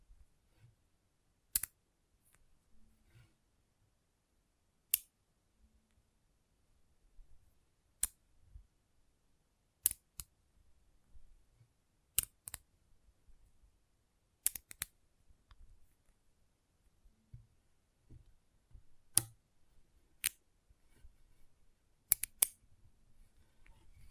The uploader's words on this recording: ASMR Intense Magnetic Tingles (No Talking).